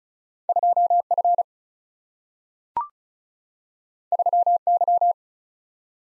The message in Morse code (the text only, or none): 2F 3Y